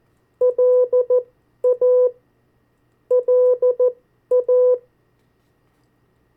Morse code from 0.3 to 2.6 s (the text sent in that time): LA